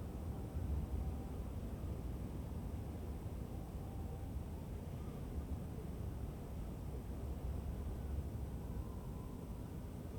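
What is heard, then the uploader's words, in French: Wind blows steadily across the whole ten seconds, a dense low roar with a constant rumble underneath and no clear gusts or pauses. Faint higher tones drift in briefly around the first, fourth and ninth seconds over the unbroken rush. Pays des 1000 vents - la Mongolie. Dans un même lieu, si peu d'arbres pour les stopper, les vents y passent qu'ils soient doux, légers, tonitruant.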